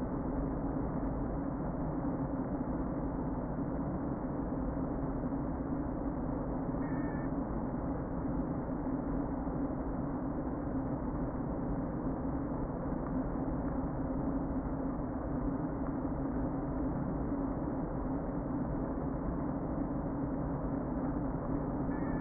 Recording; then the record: honeybee colony, microphone inside the hive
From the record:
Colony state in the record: queen present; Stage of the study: before two queens were removed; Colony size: about 60,000 bees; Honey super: yes